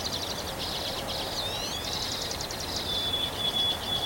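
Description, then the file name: Birds give rapid buzzy chatter with a rising slurred note and a drawn-out high whistle at the end, against continuous background hiss. Recorded on 3 May 2023. "bird song 20230503"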